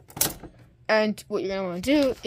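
On a Nakajima WPT-160 electronic typewriter, the small black locking lever on the carriage is pushed back after the thin plastic daisy type wheel is refitted, securing the wheel. It snaps back into place with a sharp plastic click at 0.2 s, showing the lever is seated. Someone then talks.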